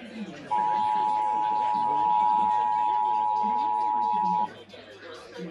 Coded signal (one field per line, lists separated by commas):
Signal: Emergency Alert System (SAME) tones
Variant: 853 and 960 Hz attention tone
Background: speech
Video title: Los Angeles Required Monthly Tests (EAS #6170-6236) 3/29/22